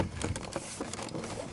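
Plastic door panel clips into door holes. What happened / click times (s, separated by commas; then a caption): Handled, not yet home: the panel clips have not snapped into place / none. Plastic retaining clips on a Ford Ranger door panel are handled and pushed toward the holes in the metal door after the top of the panel has been set first, during a door lock switch replacement. Soft rustling, tapping handling noise is heard for about 1.6 seconds. Nothing has seated or clicked yet.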